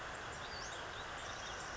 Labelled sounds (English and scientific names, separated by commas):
Western Flycatcher (Empidonax difficilis)